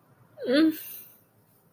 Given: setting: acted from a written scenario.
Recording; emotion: vocal sound without words; shame